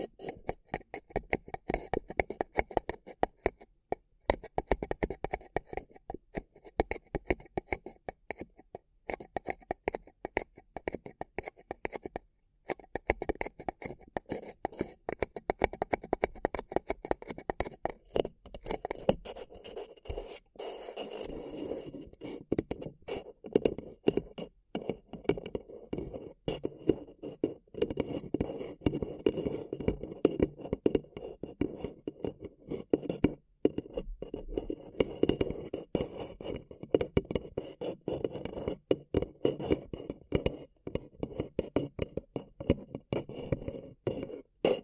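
Paper cup tingles: dense, rapid crinkling and scraping that runs without letup for the full length, with a few brief clicks and light clinks mixed in. The rustle sits mostly low to mid, thickening slightly after about twenty seconds.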